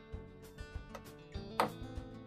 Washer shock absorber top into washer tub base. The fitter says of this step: the locking tabs snap into place and it's up against the stop and the base of the tub and